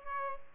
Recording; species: mosquito wingbeat signal from an infrared sensor; Aedes albopictus